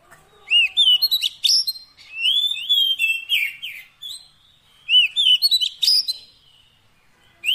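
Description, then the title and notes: Oriental magpie-robin song: rich phrases of rising and falling whistles with sharp chips, given in several bursts. Isian fill-in song, used so kacer birds become gacor, singing day and night. "Kacer Jadi Gacor Siang Malam. Isian Kacer Durasi Panjang"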